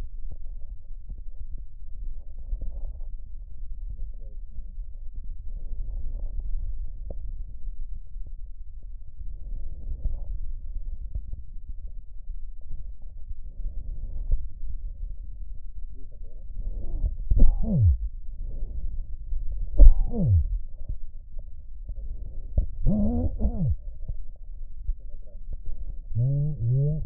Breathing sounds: lung sounds by stethoscope; right posterior basal chest; quiet breathing, then cough and speech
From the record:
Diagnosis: pulmonary infection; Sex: male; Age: 54 years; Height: 187 cm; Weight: 95 kg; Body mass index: 27.2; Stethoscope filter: extended mode

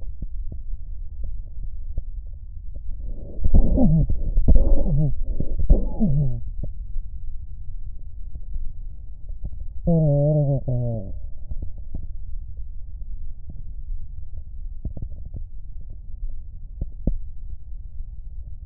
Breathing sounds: lung sounds by stethoscope; left posterior basal chest; quiet breathing, then cough and speech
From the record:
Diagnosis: COPD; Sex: male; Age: 64 years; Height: 166 cm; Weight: 92.7 kg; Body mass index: 33.6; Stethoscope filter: extended mode

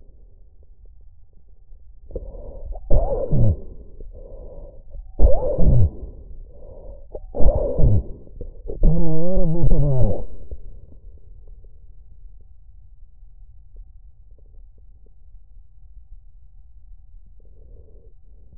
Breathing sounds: lung sounds by stethoscope; trachea; quiet breathing, then cough and speech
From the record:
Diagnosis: COPD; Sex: male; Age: 77 years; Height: 172 cm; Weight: 85.2 kg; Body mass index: 28.8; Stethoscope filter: extended mode

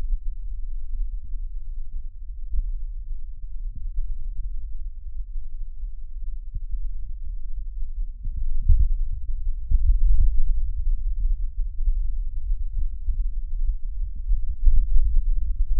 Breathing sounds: lung sounds by stethoscope; right posterior basal chest; quiet breathing, then deep breathing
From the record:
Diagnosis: interstitial lung disease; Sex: male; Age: 47 years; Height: 159 cm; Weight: 66.8 kg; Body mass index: 26.4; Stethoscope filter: bell mode

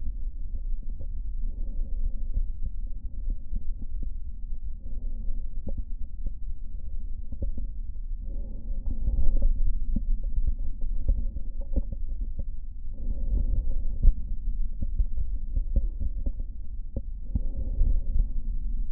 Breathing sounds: lung sounds by stethoscope; right posterior basal chest; quiet breathing, then deep breathing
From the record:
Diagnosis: COPD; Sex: male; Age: 80 years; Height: 171 cm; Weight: 75 kg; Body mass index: 25.6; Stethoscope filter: diaphragm mode

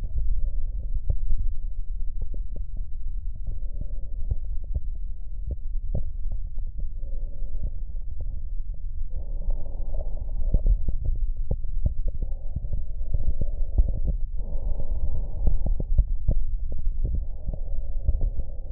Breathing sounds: lung sounds by stethoscope; left posterior basal chest; quiet breathing, then deep breathing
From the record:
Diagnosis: interstitial lung disease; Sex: male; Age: 66 years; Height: 164 cm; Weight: 76.2 kg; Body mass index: 28.3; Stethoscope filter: extended mode

